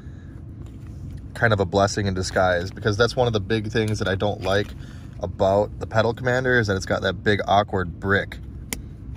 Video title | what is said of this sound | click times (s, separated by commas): Sprint Booster Install And Road Test (2019+ Ram 1500) | we go clicked into place | 8.7 s